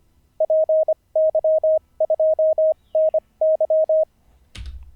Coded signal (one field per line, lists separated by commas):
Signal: Morse code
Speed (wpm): 25 wpm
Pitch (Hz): 630 Hz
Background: none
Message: PY2NY